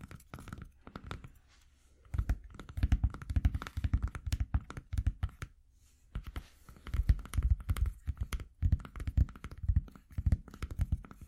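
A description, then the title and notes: Corks knock and clatter together in quick, dense bursts, like a handful being stirred or shaken. Two main flurries run from about two to five seconds and from seven to eleven seconds, separated by quieter, sparser taps. The knocks are woody. ASMR Cork Galore （No Talking）.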